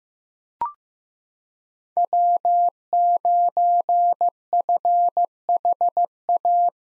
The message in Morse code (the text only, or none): W9FHA